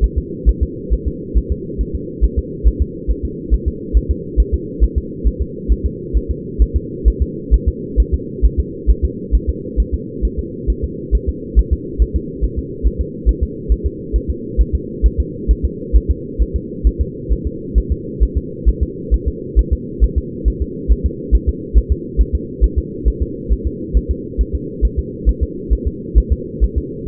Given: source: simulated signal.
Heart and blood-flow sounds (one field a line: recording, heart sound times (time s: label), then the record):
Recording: fetal heart sounds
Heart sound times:
0.04 s: S1
0.18 s: S2
0.49 s: S1
0.63 s: S2
0.93 s: S1
1.08 s: S2
1.38 s: S1
1.52 s: S2
1.81 s: S1
1.95 s: S2
2.24 s: S1
2.39 s: S2
2.67 s: S1
2.82 s: S2
3.10 s: S1
3.25 s: S2
3.54 s: S1
3.68 s: S2
3.97 s: S1
4.11 s: S2
4.40 s: S1
4.54 s: S2
4.83 s: S1
4.98 s: S2
5.27 s: S1
5.42 s: S2
5.72 s: S1
5.86 s: S2
6.17 s: S1
6.31 s: S2
6.62 s: S1
6.76 s: S2
7.08 s: S1
7.22 s: S2
7.54 s: S1
7.68 s: S2
8.00 s: S1
8.14 s: S2
8.45 s: S1
8.60 s: S2
8.90 s: S1
9.05 s: S2
9.35 s: S1
9.49 s: S2
9.80 s: S1
9.94 s: S2
10.25 s: S1
10.39 s: S2
10.70 s: S1
10.84 s: S2
11.15 s: S1
11.29 s: S2
11.59 s: S1
11.73 s: S2
12.02 s: S1
12.16 s: S2
12.44 s: S1
12.59 s: S2
12.87 s: S1
13.01 s: S2
13.29 s: S1
13.43 s: S2
13.72 s: S1
13.86 s: S2
14.16 s: S1
14.30 s: S2
14.61 s: S1
14.75 s: S2
15.06 s: S1
15.20 s: S2
15.51 s: S1
15.65 s: S2
15.96 s: S1
16.11 s: S2
16.42 s: S1
16.56 s: S2
16.87 s: S1
17.01 s: S2
17.32 s: S1
17.47 s: S2
17.78 s: S1
17.92 s: S2
18.23 s: S1
18.38 s: S2
18.68 s: S1
18.83 s: S2
19.14 s: S1
19.28 s: S2
19.59 s: S1
19.73 s: S2
20.04 s: S1
20.18 s: S2
20.48 s: S1
20.62 s: S2
20.91 s: S1
21.06 s: S2
21.35 s: S1
21.49 s: S2
21.78 s: S1
21.92 s: S2
22.21 s: S1
22.35 s: S2
22.64 s: S1
22.79 s: S2
23.08 s: S1
23.23 s: S2
23.52 s: S1
23.67 s: S2
23.97 s: S1
24.11 s: S2
24.41 s: S1
24.55 s: S2
24.85 s: S1
24.99 s: S2
25.29 s: S1
25.43 s: S2
25.73 s: S1
25.88 s: S2
26.18 s: S1
26.32 s: S2
26.64 s: S1
26.78 s: S2
From the record:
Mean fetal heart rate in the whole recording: 135 bpm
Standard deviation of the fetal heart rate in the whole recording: 3 bpm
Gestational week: 34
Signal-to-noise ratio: -4.1 dB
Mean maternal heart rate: no maternal heart sound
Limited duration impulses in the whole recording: absent